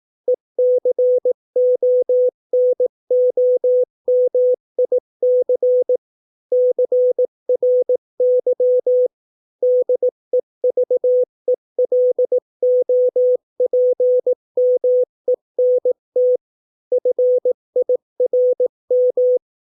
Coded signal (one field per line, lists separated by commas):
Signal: Morse code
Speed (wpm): 18 wpm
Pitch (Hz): 500 Hz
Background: none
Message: ECONOMIC CRY DEVELOPMENT FIRM